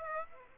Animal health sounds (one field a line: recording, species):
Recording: mosquito wingbeat signal from an infrared sensor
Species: Aedes aegypti